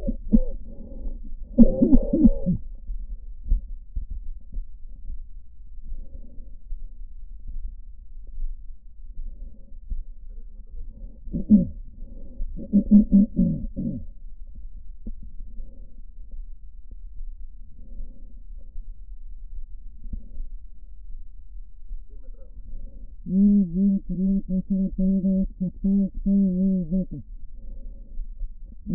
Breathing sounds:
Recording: lung sounds by stethoscope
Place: right posterior basal chest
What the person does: quiet breathing, then cough and speech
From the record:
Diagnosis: pulmonary infection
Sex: female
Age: 74 years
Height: 160 cm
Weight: 66 kg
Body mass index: 25.8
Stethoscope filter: diaphragm mode

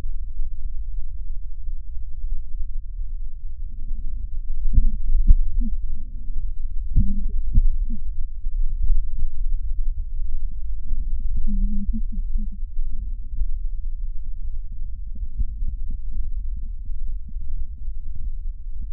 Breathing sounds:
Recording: lung sounds by stethoscope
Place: right posterior basal chest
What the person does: quiet breathing, then cough and speech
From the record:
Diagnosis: interstitial lung disease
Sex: female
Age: 53 years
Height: 168 cm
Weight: 108 kg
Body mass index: 38.3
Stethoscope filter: bell mode

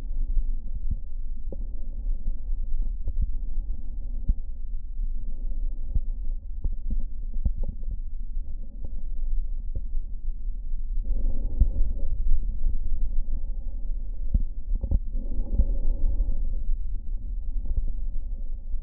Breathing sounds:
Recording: lung sounds by stethoscope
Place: left posterior basal chest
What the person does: quiet breathing, then deep breathing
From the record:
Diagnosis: interstitial lung disease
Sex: female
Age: 60 years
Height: 152 cm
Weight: 55.9 kg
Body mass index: 24.2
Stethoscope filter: diaphragm mode

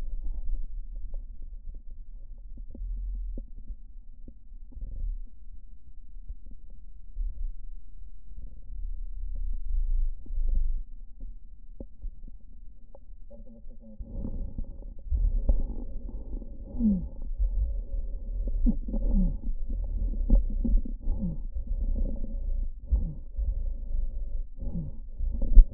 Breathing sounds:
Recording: lung sounds by stethoscope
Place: right posterior basal chest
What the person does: quiet breathing, then deep breathing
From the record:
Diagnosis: interstitial lung disease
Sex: male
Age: 82 years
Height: 158 cm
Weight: 49 kg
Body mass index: 19.6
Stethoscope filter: diaphragm mode

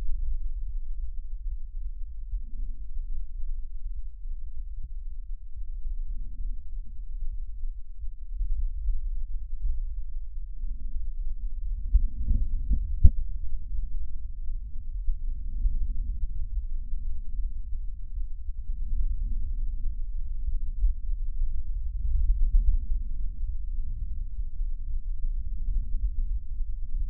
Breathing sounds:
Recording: lung sounds by stethoscope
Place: left posterior basal chest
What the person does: quiet breathing, then deep breathing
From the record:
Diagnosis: pulmonary infection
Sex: male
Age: 86 years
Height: 165 cm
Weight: 65 kg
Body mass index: 23.9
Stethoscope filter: bell mode

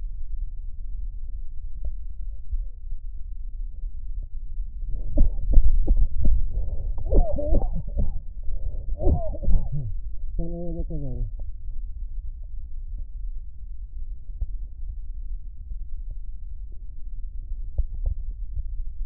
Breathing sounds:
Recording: lung sounds by stethoscope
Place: left posterior basal chest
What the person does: quiet breathing, then cough and speech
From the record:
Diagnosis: COPD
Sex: male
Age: 59 years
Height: 171 cm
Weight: 91.4 kg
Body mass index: 31.3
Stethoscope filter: extended mode

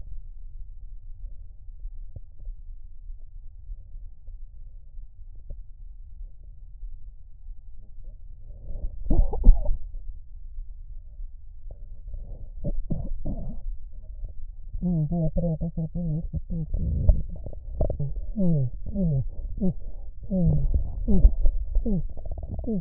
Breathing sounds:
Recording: lung sounds by stethoscope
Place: right posterior apical chest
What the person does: quiet breathing, then cough and speech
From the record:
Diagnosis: interstitial lung disease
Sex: female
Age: 70 years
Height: 160 cm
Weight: 93 kg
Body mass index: 36.3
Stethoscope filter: extended mode

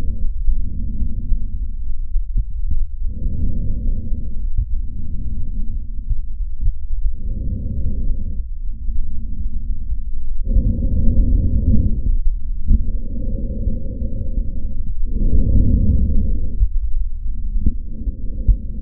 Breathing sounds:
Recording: lung sounds by stethoscope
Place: trachea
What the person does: quiet breathing, then deep breathing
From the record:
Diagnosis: interstitial lung disease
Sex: male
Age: 66 years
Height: 164 cm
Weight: 76.2 kg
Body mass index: 28.3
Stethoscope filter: bell mode

